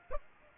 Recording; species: mosquito wingbeat signal from an infrared sensor; Aedes aegypti